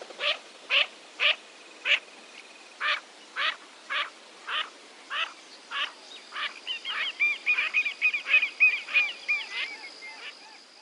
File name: Canto da Marreca parda